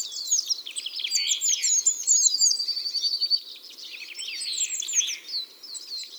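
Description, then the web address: Eurasian blue tit: a dense stream of high, thin, twittering notes with slurred whistles, overlapping throughout without a pause. "SETE data Cyanistes caeruleus"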